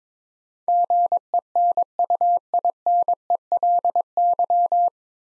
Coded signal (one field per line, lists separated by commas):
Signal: Morse code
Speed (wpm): 22 wpm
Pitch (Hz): 700 Hz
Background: none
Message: GENUINELY